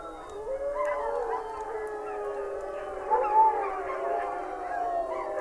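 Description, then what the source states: Wolf: wolves howl in a dense chorus of smooth, drawn-out tones that slide slowly up and down, with occasional quick yelps mixed in. Several wolves howling.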